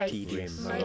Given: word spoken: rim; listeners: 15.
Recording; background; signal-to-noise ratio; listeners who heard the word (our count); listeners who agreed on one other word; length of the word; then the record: one English word in noise, from a listening test; four-talker babble; -0.3 dB; 0 of 15; 12 of 15; 0.45 s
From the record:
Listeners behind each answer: 12, 1, 1, 1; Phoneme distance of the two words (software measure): 44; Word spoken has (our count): 1 syllable, 3 phonemes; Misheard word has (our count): 2 syllables, 5 phonemes, stress on syllable 1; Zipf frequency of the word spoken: 3.51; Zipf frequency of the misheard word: 3.22